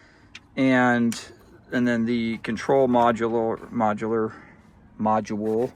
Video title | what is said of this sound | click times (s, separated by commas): Countrymod 12/24V DC Rooftop Air Conditioner Installation Video | this piece just snaps in place over it, and | 0.4 s